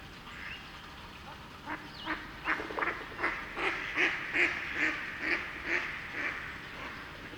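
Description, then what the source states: Mallard quacking: a rapid, steady run of nasal quacks, about two or three each second, building after a quieter start. A pair on a pond, acting nervous; Connecticut Hill Wildlife Management Area, April 28.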